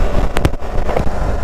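A Nexx X WED2 motorcycle helmet visor is popped open and steps through its detent positions over low, wind-like rumble. It gives two sharp clicks at 0.4 s and 0.5 s as it seats into the detents, followed by a softer knock near 1.0 s.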